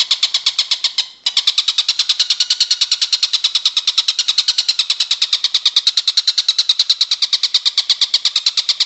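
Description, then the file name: Stork-billed kingfisher with harsh, rapidly repeated notes, a short break near the first second, then an even stream of calls. "tengkek buto om andri"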